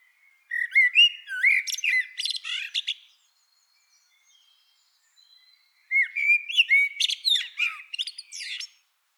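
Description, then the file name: Common blackbird song: two fluted, warbling phrases that break into thin, scratchy high notes at the end, with a quiet gap of about three seconds between them. "Turdus merula"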